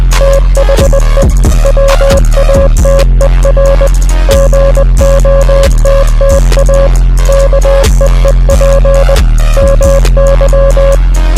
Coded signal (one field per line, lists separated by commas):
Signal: Morse code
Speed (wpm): 20 wpm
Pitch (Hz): 550 Hz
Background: music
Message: THE WATER GOTTA KEEP MY